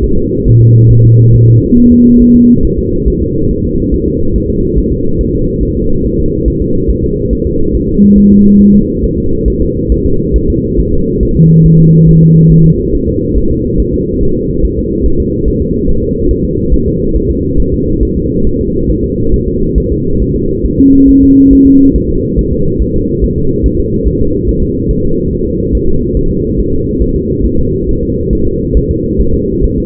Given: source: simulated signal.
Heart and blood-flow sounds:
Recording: fetal heart sounds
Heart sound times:
0.04 s: S1
0.18 s: S2
0.47 s: S1
0.62 s: S2
0.91 s: S1
1.05 s: S2
1.35 s: S1
1.49 s: S2
1.78 s: S1
1.92 s: S2
2.22 s: S1
2.36 s: S2
2.65 s: S1
2.79 s: S2
3.08 s: S1
3.22 s: S2
3.51 s: S1
3.65 s: S2
3.94 s: S1
4.08 s: S2
4.36 s: S1
4.50 s: S2
4.78 s: S1
4.92 s: S2
5.21 s: S1
5.35 s: S2
5.63 s: S1
5.77 s: S2
6.06 s: S1
6.19 s: S2
6.48 s: S1
6.62 s: S2
6.90 s: S1
7.04 s: S2
7.33 s: S1
7.47 s: S2
7.75 s: S1
7.89 s: S2
8.18 s: S1
8.32 s: S2
8.61 s: S1
8.75 s: S2
9.04 s: S1
9.18 s: S2
9.48 s: S1
9.62 s: S2
9.92 s: S1
10.06 s: S2
10.36 s: S1
10.50 s: S2
10.80 s: S1
10.94 s: S2
11.23 s: S1
11.37 s: S2
11.66 s: S1
11.80 s: S2
12.09 s: S1
12.23 s: S2
12.52 s: S1
12.66 s: S2
12.95 s: S1
13.09 s: S2
13.38 s: S1
13.52 s: S2
13.80 s: S1
13.94 s: S2
14.23 s: S1
14.37 s: S2
14.65 s: S1
14.79 s: S2
15.06 s: S1
15.20 s: S2
15.48 s: S1
15.62 s: S2
15.89 s: S1
16.03 s: S2
16.31 s: S1
16.45 s: S2
16.74 s: S1
16.88 s: S2
17.16 s: S1
17.30 s: S2
17.60 s: S1
17.74 s: S2
18.03 s: S1
18.17 s: S2
18.47 s: S1
18.61 s: S2
18.91 s: S1
19.05 s: S2
19.34 s: S1
19.48 s: S2
19.78 s: S1
19.92 s: S2
20.22 s: S1
20.36 s: S2
20.66 s: S1
20.80 s: S2
21.09 s: S1
21.23 s: S2
21.53 s: S1
21.67 s: S2
21.96 s: S1
22.10 s: S2
22.39 s: S1
22.53 s: S2
22.82 s: S1
22.96 s: S2
23.24 s: S1
23.38 s: S2
23.66 s: S1
23.80 s: S2
24.08 s: S1
24.22 s: S2
24.49 s: S1
24.63 s: S2
24.91 s: S1
25.05 s: S2
25.33 s: S1
25.47 s: S2
25.75 s: S1
25.89 s: S2
26.17 s: S1
26.31 s: S2
26.59 s: S1
26.74 s: S2
27.02 s: S1
27.16 s: S2
27.46 s: S1
27.59 s: S2
27.89 s: S1
28.03 s: S2
28.33 s: S1
28.47 s: S2
28.77 s: S1
28.91 s: S2
29.21 s: S1
29.34 s: S2
29.64 s: S1
29.78 s: S2
From the record:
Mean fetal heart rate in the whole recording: 140 bpm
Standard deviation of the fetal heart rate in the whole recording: 2 bpm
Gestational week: 34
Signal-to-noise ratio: -16.4 dB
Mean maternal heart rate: 72 bpm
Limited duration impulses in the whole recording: present

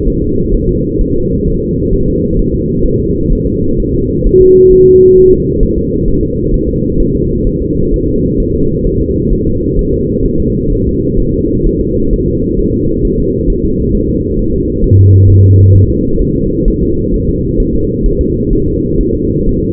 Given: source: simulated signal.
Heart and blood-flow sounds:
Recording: fetal heart sounds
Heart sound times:
0.07 s: S1
0.22 s: S2
0.54 s: S1
0.69 s: S2
1.01 s: S1
1.16 s: S2
1.48 s: S1
1.62 s: S2
1.93 s: S1
2.08 s: S2
2.39 s: S1
2.54 s: S2
2.86 s: S1
3.00 s: S2
3.32 s: S1
3.47 s: S2
3.80 s: S1
3.94 s: S2
4.27 s: S1
4.41 s: S2
4.73 s: S1
4.87 s: S2
5.18 s: S1
5.33 s: S2
5.63 s: S1
5.78 s: S2
6.08 s: S1
6.23 s: S2
6.54 s: S1
6.69 s: S2
7.00 s: S1
7.15 s: S2
7.47 s: S1
7.62 s: S2
7.94 s: S1
8.08 s: S2
8.40 s: S1
8.55 s: S2
8.87 s: S1
9.01 s: S2
9.33 s: S1
9.47 s: S2
9.79 s: S1
9.94 s: S2
10.25 s: S1
10.40 s: S2
10.72 s: S1
10.87 s: S2
11.19 s: S1
11.34 s: S2
11.67 s: S1
11.81 s: S2
12.13 s: S1
12.28 s: S2
12.59 s: S1
12.74 s: S2
13.05 s: S1
13.20 s: S2
13.50 s: S1
13.65 s: S2
13.95 s: S1
14.09 s: S2
14.39 s: S1
14.54 s: S2
14.84 s: S1
14.99 s: S2
15.30 s: S1
15.44 s: S2
15.75 s: S1
15.90 s: S2
16.22 s: S1
16.36 s: S2
16.68 s: S1
16.83 s: S2
17.14 s: S1
17.29 s: S2
17.60 s: S1
17.75 s: S2
18.06 s: S1
18.21 s: S2
18.53 s: S1
18.68 s: S2
19.01 s: S1
19.15 s: S2
19.49 s: S1
19.64 s: S2
From the record:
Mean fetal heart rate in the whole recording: 130 bpm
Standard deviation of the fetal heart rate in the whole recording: 4 bpm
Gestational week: 38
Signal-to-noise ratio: -15.3 dB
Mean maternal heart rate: 72 bpm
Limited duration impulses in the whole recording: present

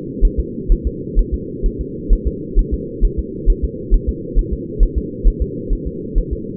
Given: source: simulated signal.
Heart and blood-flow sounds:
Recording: fetal heart sounds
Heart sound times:
0.25 s: S1
0.39 s: S2
0.72 s: S1
0.87 s: S2
1.19 s: S1
1.34 s: S2
1.66 s: S1
1.81 s: S2
2.13 s: S1
2.27 s: S2
2.59 s: S1
2.74 s: S2
3.05 s: S1
3.19 s: S2
3.50 s: S1
3.64 s: S2
3.94 s: S1
4.09 s: S2
4.39 s: S1
4.53 s: S2
4.83 s: S1
4.98 s: S2
5.28 s: S1
5.42 s: S2
5.73 s: S1
5.87 s: S2
6.18 s: S1
6.33 s: S2
From the record:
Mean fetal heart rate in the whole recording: 130 bpm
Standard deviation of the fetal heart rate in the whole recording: 4 bpm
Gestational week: 38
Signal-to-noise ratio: -4.1 dB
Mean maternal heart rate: no maternal heart sound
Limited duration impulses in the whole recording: absent

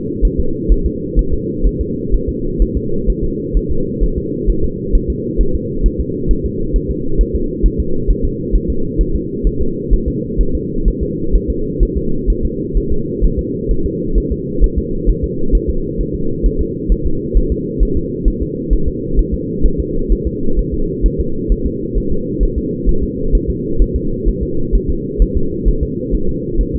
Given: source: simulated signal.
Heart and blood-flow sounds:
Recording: fetal heart sounds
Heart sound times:
0.25 s: S1
0.40 s: S2
0.72 s: S1
0.86 s: S2
1.19 s: S1
1.34 s: S2
1.67 s: S1
1.81 s: S2
2.14 s: S1
2.29 s: S2
2.62 s: S1
2.77 s: S2
3.10 s: S1
3.24 s: S2
3.57 s: S1
3.71 s: S2
4.03 s: S1
4.18 s: S2
4.50 s: S1
4.64 s: S2
4.95 s: S1
5.10 s: S2
5.41 s: S1
5.55 s: S2
5.86 s: S1
6.00 s: S2
6.31 s: S1
6.46 s: S2
6.76 s: S1
6.91 s: S2
7.21 s: S1
7.35 s: S2
7.66 s: S1
7.80 s: S2
8.10 s: S1
8.25 s: S2
8.55 s: S1
8.70 s: S2
9.01 s: S1
9.16 s: S2
9.47 s: S1
9.62 s: S2
9.94 s: S1
10.08 s: S2
10.41 s: S1
10.55 s: S2
10.88 s: S1
11.03 s: S2
11.35 s: S1
11.50 s: S2
11.83 s: S1
11.97 s: S2
12.30 s: S1
12.45 s: S2
12.77 s: S1
12.92 s: S2
13.24 s: S1
13.39 s: S2
13.71 s: S1
13.86 s: S2
14.18 s: S1
14.32 s: S2
14.64 s: S1
14.78 s: S2
15.09 s: S1
15.24 s: S2
15.55 s: S1
15.70 s: S2
16.00 s: S1
16.15 s: S2
16.46 s: S1
16.61 s: S2
16.92 s: S1
17.06 s: S2
17.37 s: S1
17.52 s: S2
17.83 s: S1
17.97 s: S2
18.28 s: S1
18.43 s: S2
18.73 s: S1
18.88 s: S2
19.19 s: S1
19.34 s: S2
19.66 s: S1
19.80 s: S2
20.12 s: S1
20.27 s: S2
20.59 s: S1
20.74 s: S2
21.06 s: S1
21.20 s: S2
21.52 s: S1
21.66 s: S2
21.97 s: S1
22.12 s: S2
22.43 s: S1
22.58 s: S2
22.89 s: S1
23.03 s: S2
23.35 s: S1
23.50 s: S2
23.82 s: S1
23.96 s: S2
24.28 s: S1
24.43 s: S2
24.75 s: S1
24.90 s: S2
25.22 s: S1
25.37 s: S2
25.68 s: S1
25.83 s: S2
26.15 s: S1
26.29 s: S2
26.61 s: S1
26.75 s: S2
From the record:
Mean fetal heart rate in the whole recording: 130 bpm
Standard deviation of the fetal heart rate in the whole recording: 2 bpm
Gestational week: 36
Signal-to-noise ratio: -8.1 dB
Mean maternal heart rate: 72 bpm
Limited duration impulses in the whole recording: absent

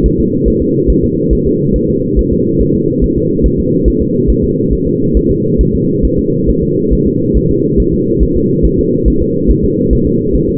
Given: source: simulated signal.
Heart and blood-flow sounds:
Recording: fetal heart sounds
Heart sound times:
0.06 s: S1
0.20 s: S2
0.48 s: S1
0.62 s: S2
0.90 s: S1
1.04 s: S2
1.33 s: S1
1.47 s: S2
1.76 s: S1
1.90 s: S2
2.19 s: S1
2.33 s: S2
2.62 s: S1
2.75 s: S2
3.04 s: S1
3.18 s: S2
3.46 s: S1
3.60 s: S2
3.88 s: S1
4.02 s: S2
4.30 s: S1
4.44 s: S2
4.73 s: S1
4.87 s: S2
5.17 s: S1
5.31 s: S2
5.61 s: S1
5.75 s: S2
6.05 s: S1
6.19 s: S2
6.50 s: S1
6.63 s: S2
6.93 s: S1
7.07 s: S2
7.37 s: S1
7.51 s: S2
7.80 s: S1
7.94 s: S2
8.23 s: S1
8.37 s: S2
8.65 s: S1
8.79 s: S2
9.08 s: S1
9.22 s: S2
9.51 s: S1
9.64 s: S2
9.93 s: S1
10.07 s: S2
10.35 s: S1
10.49 s: S2
From the record:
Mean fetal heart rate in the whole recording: 140 bpm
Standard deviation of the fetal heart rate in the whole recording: 2 bpm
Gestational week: 34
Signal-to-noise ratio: -11.2 dB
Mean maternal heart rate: 72 bpm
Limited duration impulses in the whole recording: present

